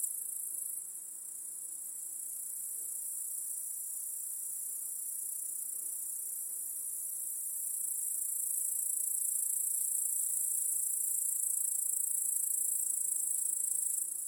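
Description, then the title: Cricket chorus, a continuous very high ringing trill, fairly even throughout and growing a little louder in the second half. Chorus of crickets in a home backyard at night. "Crickets in Your Backyard 🏡"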